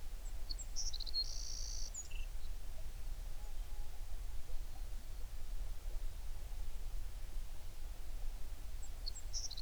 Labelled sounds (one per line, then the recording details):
songbird
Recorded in the Prudhoe Bay oil fields, Alaska, on 11 June 2019 at 04:44
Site 21